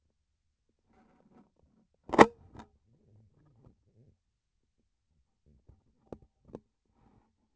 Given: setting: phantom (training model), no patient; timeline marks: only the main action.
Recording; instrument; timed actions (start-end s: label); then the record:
laparoscopic instrument, vibration sensor on the handle end; scissors
1.99-2.38 s: cutting PTFE tape
From the record:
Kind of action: gesture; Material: PTFE tape